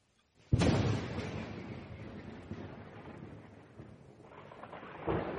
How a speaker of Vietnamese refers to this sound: Tiếng lôi đình rất khủng bố, nổ vang khắp bát phương, giống như trên thiên mạc có một thần linh đang gầm thét.